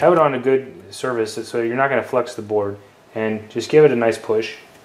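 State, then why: Not seated. A ScanPlus AGA clip-on chip adapter is held squared over the Alice PLCC chip on an Amiga 1200 motherboard, with the board resting on a firm surface so it won't flex, ready for a firm push. Someone talks throughout, and the clip ends before the push lands: the adapter has not seated or clicked yet.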